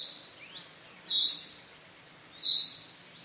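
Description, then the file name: Common chaffinch giving two short, bright call notes about a second and a quarter apart. "Fringilla coelebs"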